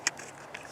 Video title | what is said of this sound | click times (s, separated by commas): Heritage Manufacturing Rough Rider .22 LR Review | There it goes. Push in until it clicks. | 0.1 s, 0.6 s